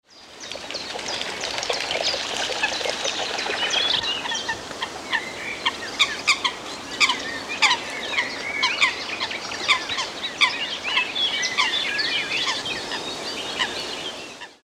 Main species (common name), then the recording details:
Eurasian Coot. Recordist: Tembrock, Günter. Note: Lautfolgen und "Wasserlaufen", Territorialverhalten